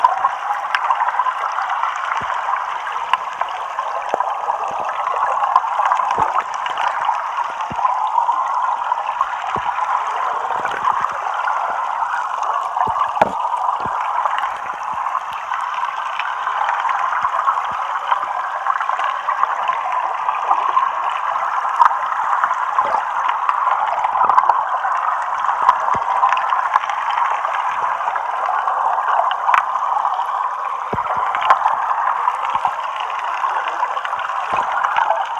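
Underwater stream sound, a steady dense mid-range rush and gurgle with scattered faint clicks and ticks throughout, unchanging across the whole stretch.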